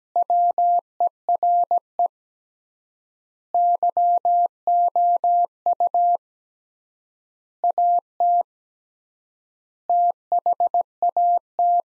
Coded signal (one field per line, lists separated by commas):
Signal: Morse code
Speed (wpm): 17 wpm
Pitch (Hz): 700 Hz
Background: none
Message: WERE YOU AT THAT